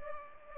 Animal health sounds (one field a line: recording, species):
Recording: mosquito wingbeat signal from an infrared sensor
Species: Culex pipiens